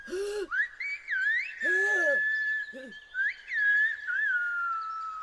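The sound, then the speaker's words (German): Brigands in a robbers' camp converse in a whistled language said to come from the Canary Islands: a steady, fairly high whistle bending into quick rising and falling glides, broken by short breathy, hooting vocal bursts, with no ordinary speech. “Die Briganten unterhalten sich in ihrer seltsamen Pfeifsprache, die angeblich von den Kanarischen Inseln stammt.”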